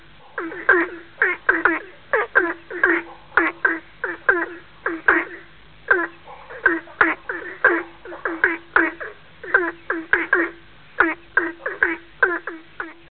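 Frog calls: rapid clusters of rattling croaks in quick bursts, repeated almost continuously with brief pauses between groups.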